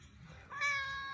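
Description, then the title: Domestic cat meow: a single clear tonal mew starting about halfway through, after a quiet start. Tomcat named Sam 'conversing' with the owner. "Unterhaltung mit Kater Sam. na ja, Unterhaltung"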